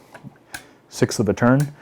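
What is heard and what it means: The threaded length-of-pull adjustment knob on the buttstock of a PDC Custom Rimfire G5C rifle chassis on a CZ 457 custom build is turned, clicking into a detent about every 1/6 of a turn. Three sharp, positive clicks land at about 0.2, 0.4 and 0.6 s, the last one loudest. Then someone talks.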